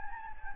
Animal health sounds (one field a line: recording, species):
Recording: mosquito wingbeat signal from an infrared sensor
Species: Anopheles gambiae